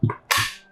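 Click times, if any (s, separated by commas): 0.3 s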